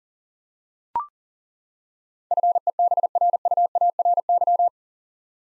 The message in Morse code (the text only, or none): FEBRUARY